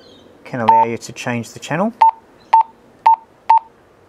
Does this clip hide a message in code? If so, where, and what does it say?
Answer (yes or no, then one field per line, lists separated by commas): no